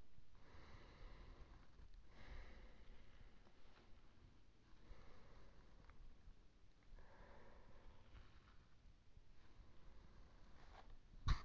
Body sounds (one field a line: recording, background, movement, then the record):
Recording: deep breathing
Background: quiet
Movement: sitting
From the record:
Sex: male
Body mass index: 20.6 kg/m2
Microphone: on the chest, facing outward